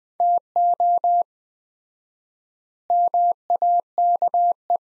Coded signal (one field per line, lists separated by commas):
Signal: Morse code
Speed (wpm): 20 wpm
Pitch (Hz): 700 Hz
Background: none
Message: TO MAKE